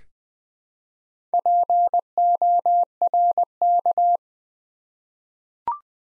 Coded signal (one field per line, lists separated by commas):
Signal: Morse code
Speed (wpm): 20 wpm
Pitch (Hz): 700 Hz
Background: none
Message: PORK